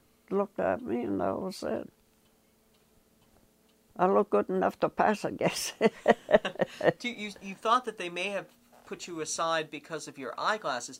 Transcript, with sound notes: looked at me and that was it. I looked good enough to pass, I guess. [Laughs]
You thought that they may have put you aside because of your eyeglasses.